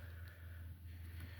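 The throttle cable end is handled and pressed toward the plastic clip of the vacuum motor cable during a cruise control swap on a 1981–1990 Ford Escort/EXP. Only a steady low hum with a faint mid-pitched tone is heard, with no distinct clicks. Nothing has seated or clicked into place yet.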